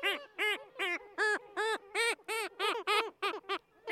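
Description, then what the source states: Kittiwake moaning call: a series of a dozen nasal, arched notes rising and falling, about three a second. Moaning call, accompanying the pair's greeting call and territorial squabbles, or part of the moan and bow display; part of the pair's courtship.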